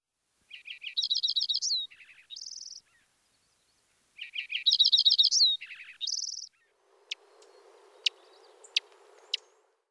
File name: Lincoln's Sparrow